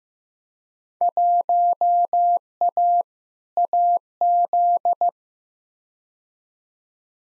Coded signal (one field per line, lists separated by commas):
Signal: Morse code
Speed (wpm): 15 wpm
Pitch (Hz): 700 Hz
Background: none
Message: 1A AZ